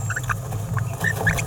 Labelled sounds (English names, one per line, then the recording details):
Green-rumped Parrotlet babbling
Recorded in a nest box in Venezuela
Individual 18B17A4